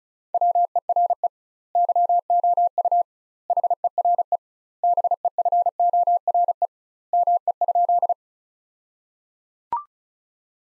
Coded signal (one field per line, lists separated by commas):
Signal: Morse code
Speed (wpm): 36 wpm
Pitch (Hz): 700 Hz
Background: none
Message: WERE YOU HERE BEFORE ME?